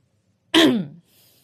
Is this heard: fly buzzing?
no